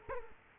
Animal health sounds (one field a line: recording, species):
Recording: mosquito wingbeat signal from an infrared sensor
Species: Culex quinquefasciatus